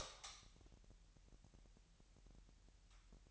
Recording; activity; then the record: daily activity, microphone in the room; light on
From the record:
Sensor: 3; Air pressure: 1001.9 hPa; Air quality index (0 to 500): 244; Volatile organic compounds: 46 ppm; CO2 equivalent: 3237 ppm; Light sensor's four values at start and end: 6/13/5/5 and 12/34/15/13